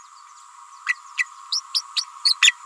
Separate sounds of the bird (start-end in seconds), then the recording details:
0.86-0.94, 1.17-1.25, 1.52-1.61, 1.74-1.81, 1.96-2.05, 2.25-2.35, 2.41-2.53. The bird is a female. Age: 29 days. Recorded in a nest box in Venezuela. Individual 17B31A3